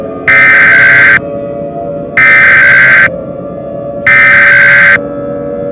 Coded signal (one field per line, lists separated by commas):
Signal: Emergency Alert System (SAME) tones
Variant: header bursts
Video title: EAS Scenario: Nuclear War